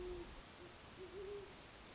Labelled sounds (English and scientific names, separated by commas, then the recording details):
Great Horned Owl (Bubo virginianus)
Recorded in Sonoma County, California